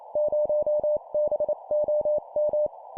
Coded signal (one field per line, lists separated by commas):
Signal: Morse code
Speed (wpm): 28 wpm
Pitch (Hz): 600 Hz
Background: none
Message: 0BOM